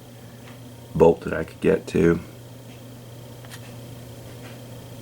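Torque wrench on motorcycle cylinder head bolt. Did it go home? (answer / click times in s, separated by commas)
yes / 3.4 s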